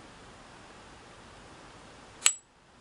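A tension dial is set onto the stop pin of a Singer 15-91 sewing machine tension assembly. After steady low background noise, a single sharp, bright metal click rings out at 2.3 s and then fades quickly. The dial seats in position.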